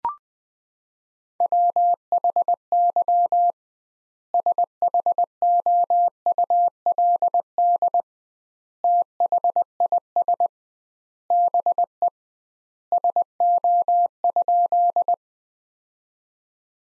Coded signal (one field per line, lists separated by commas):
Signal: Morse code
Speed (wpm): 21 wpm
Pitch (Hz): 700 Hz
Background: none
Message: WHY SHOULD THIS BE SO?